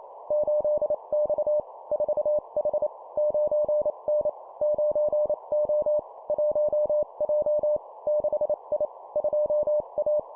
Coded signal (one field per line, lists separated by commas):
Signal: Morse code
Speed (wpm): 28 wpm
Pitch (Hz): 600 Hz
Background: none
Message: 8X 4H 9N 9O 1J 6I 2A